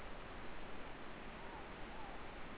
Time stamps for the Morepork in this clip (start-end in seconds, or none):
1.29-2.20